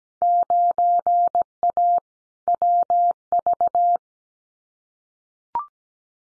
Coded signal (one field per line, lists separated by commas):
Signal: Morse code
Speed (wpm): 17 wpm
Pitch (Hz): 700 Hz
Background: none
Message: 9A WV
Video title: Field Day Exchange Encore 17wpm